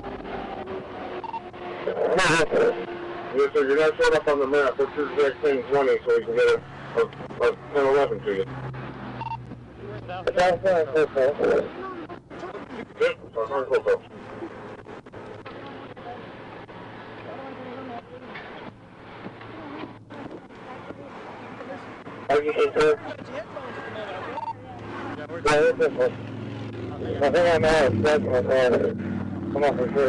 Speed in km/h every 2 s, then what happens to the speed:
0, 0, 0, 0, 0, 0, 0, 0, 0, 0, 0, 0, 0, 0, 0.
0-30 standing.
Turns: none.